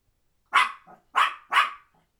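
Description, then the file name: Papillon giving three quick, high yapping barks in a tight burst, some followed by a faint softer tail. "Dogbarkpapillon 03"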